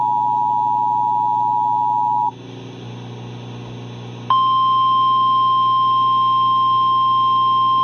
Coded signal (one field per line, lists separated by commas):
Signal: Emergency Alert System (SAME) tones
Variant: 853 and 960 Hz attention tone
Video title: GREENBAY SPECIAL MARINE WARNING (7/26/21) EAS 318